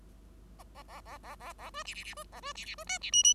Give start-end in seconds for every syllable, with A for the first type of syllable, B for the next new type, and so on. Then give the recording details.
0.58-0.63 A, 0.74-0.83 A, 0.88-1.01 A, 1.05-1.18 A, 1.23-1.36 A, 1.39-1.53 A, 1.58-1.70 A, 1.74-1.83 B, 1.85-1.94 C, 1.94-2.04 C, 2.04-2.14 C, 2.16-2.23 B, 2.32-2.40 A, 2.42-2.53 B, 2.55-2.65 C, 2.65-2.75 C, 2.78-2.84 B, 2.87-2.98 D, 3.01-3.11 C, 3.12-3.23 E, 3.23-3.34 E. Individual Bird5